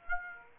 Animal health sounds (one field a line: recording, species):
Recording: mosquito wingbeat signal from an infrared sensor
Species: Aedes aegypti